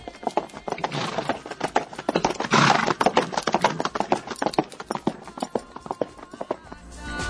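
Horse hooves clip-clop in a quick, steady rhythm of sharp knocks, fairly loud, with a brief rushing burst of noise partway through before the hoofbeats carry on.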